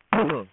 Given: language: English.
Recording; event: throat vibration sensor signal played as sound; throat clearing